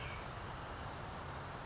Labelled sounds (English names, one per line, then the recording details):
California Towhee
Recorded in Sonoma County, California